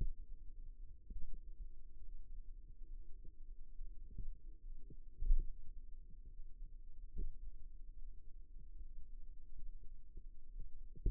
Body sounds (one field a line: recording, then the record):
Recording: forearm muscle sounds (acoustic myography)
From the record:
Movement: finger pinch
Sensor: system 2, bracelet of six BSWA MPA416 microphones around the upper forearm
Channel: 2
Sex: male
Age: 22 years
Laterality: right